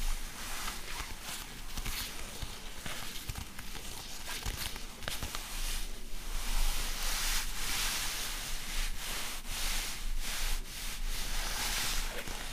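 Fabric being scratched and rubbed produces a dense, rasping hiss that runs without a break for the whole stretch, bright and grainy in the upper range. Quick strokes come through as short bursts, most often around the middle and near the end, with a low rumble underneath.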